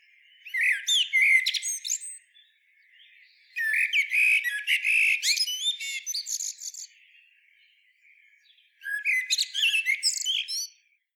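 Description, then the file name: Common blackbird producing three separate bursts of jumbled squeaky whistles and high twitters, with clear gaps between them. "Turdus merula"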